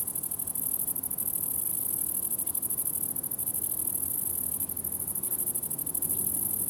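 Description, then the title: Grasshoppers stridulating in a steady, high, finely pulsed buzz that dips briefly now and then, over a soft low rumble. Summer ambience at the farm of Villers Abbey, Villers-la-Ville, Belgium; several grasshoppers with a train in the distance; recorded on Sony PCM-D100 internal microphones in wide position. "Ferme de lAbbaye de Villers, 1495 Villers-la-Ville, Belgique - Grasshoppers"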